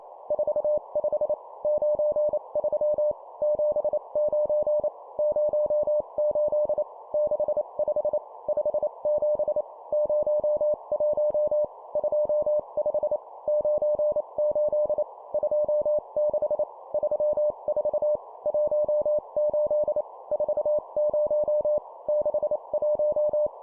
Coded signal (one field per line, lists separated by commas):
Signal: Morse code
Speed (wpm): 28 wpm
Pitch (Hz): 600 Hz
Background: none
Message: 45 93 79 08 65 57 01 25 98 26 34 18 40 61